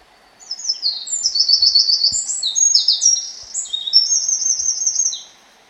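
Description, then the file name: Eurasian wren song: a loud, rapid outpouring of high, sharp trills and twittering notes running for about five seconds, with a few faint low knocks underneath. "Troglodytes troglodytes"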